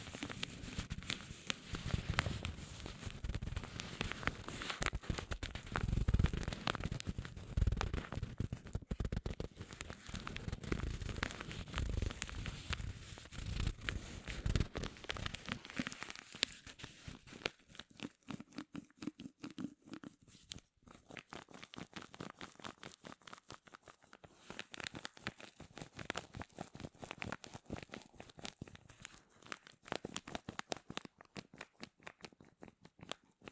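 Dense rubbing and crinkling fills the first fifteen seconds with low rumbling scrapes, then thins into sparse, sharp crackles and clicks until the end.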